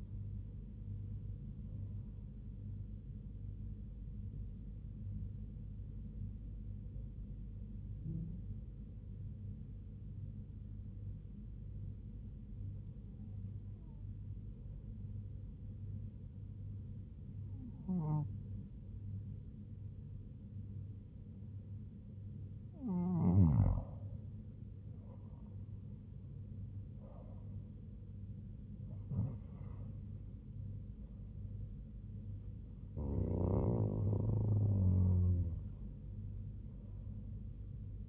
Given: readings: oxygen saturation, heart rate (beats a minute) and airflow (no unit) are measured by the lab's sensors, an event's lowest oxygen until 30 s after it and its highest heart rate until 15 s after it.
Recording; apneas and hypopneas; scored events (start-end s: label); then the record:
breathing in sleep by a smartphone at the bedside; 1
3.00-24.40 s: hypopnea (N2, oxygen 99% highest, then 96% lowest, heart rate 67 at the start, 84 highest)
28.00-38.08 s: new sleep stage, N1 (lightest sleep)
From the record:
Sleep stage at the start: N2 (light sleep); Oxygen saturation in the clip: 97 to 99%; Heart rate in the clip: 67 to 84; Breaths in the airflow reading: 9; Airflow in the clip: -4.8 to 5.4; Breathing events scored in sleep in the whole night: 158 in 7.3 hours asleep